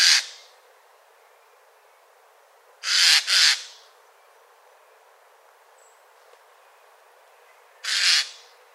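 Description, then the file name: Eurasian jay, loud hoarse screeches: a single, a doubled call around three seconds, and another single near eight seconds, in a quiet setting. "Garrulus glandarius"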